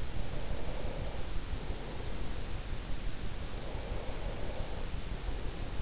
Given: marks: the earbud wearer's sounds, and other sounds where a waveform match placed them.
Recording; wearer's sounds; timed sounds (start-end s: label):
sounds in sleep by an in-ear microphone; breath
0.00-2.45 s: breath
3.36-5.68 s: breath